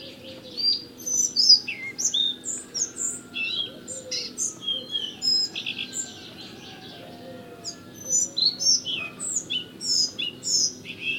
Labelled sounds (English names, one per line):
Collared Flycatcher song